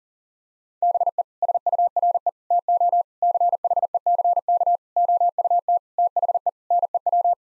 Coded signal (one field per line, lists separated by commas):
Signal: Morse code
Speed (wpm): 40 wpm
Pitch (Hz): 700 Hz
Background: none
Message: BE SURE TO CHECK OUT THE NEW